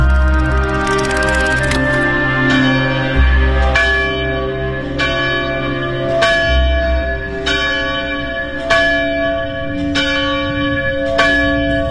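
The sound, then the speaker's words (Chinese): A monastery bell on Cimu Mountain by the Jialing River near Chongqing, struck each early morning by the boy Yan Su, rings at a slow, steady pace, each loud clang ringing out and overlapping the long, humming decay of the strikes before it, with no voices. “那个时候，每天清晨都能听到从修道院里传来当当当的敲钟声，而负责敲钟的那个孩子就是阎肃。”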